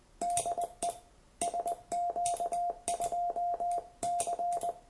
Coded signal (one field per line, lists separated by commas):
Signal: Morse code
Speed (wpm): 20 wpm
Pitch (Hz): 700 Hz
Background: radio noise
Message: DE SQ2C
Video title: Cheap (fake) L&MAO morse code CW paddle review and calibration [EN]